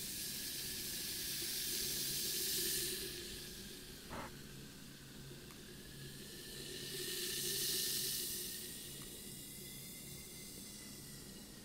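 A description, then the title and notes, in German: Fizzing and bubbling with a steady hiss that swells twice, around the start and again near eight seconds, plus a brief knock at four seconds. Sprudel Geräusche und ein Bath Crumble Fail. Brausetabletten.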